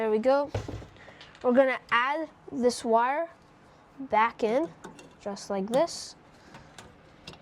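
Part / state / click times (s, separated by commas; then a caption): wire connector onto microwave magnetron terminal / seated / 6.8 s, 7.3 s. A wire connector is pushed back onto its terminal on the magnetron inside an LG microwave (model MSCN1590G) during a magnetron replacement to fix the microwave not heating. Someone talks, then after the speech stops two short, sharp clicks are heard at about 6.8 s and 7.3 s. The connector seats onto the terminal.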